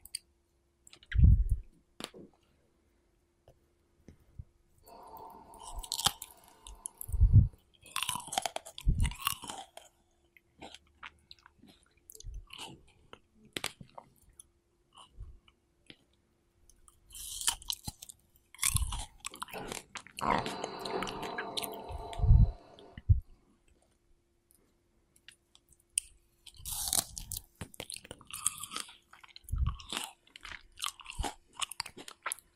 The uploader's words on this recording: ASMR Strawberry Eating Sounds.